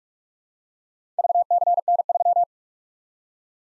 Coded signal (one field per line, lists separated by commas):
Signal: Morse code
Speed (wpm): 45 wpm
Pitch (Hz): 700 Hz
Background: none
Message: VCN3